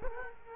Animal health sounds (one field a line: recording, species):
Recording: mosquito wingbeat signal from an infrared sensor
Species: Culex quinquefasciatus